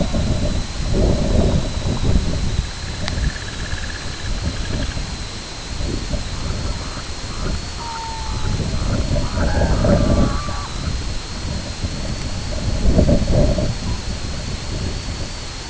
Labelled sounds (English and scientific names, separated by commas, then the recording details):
unidentified sound, White-rumped Sandpiper (Calidris fuscicollis), Red-throated Loon (Gavia stellata)
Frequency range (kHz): White-rumped Sandpiper (Calidris fuscicollis) 0.5-1.9 kHz; Red-throated Loon (Gavia stellata) 0.5-1.8 kHz
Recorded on Arctic tundra, site IGLO-B, on 23 June 2018
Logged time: 13:59